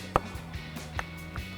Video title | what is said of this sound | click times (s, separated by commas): 2017-2019 F-250 LED DRL Projector Headlights with Amber Corners Review & Install | Pop that in, make sure they snap into place. | 0.2 s